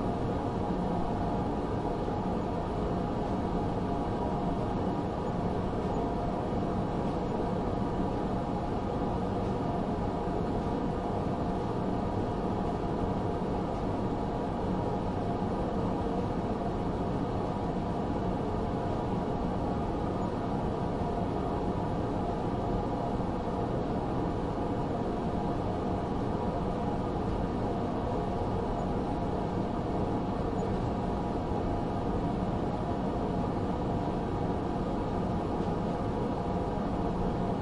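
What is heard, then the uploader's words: A fan runs without pause, a thick, steady whoosh weighted toward the low and middle range with a rumbling, engine-like quality. Loudness holds even from start to finish, with no separate events, just faint steady tones riding in the drone. Fan sounds, constant fan sleep sounds.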